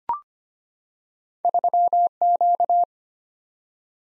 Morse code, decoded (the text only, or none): 3Q